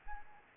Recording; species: mosquito wingbeat signal from an infrared sensor; Anopheles arabiensis